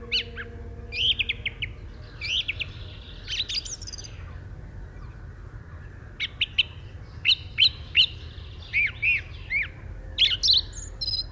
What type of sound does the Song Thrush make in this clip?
song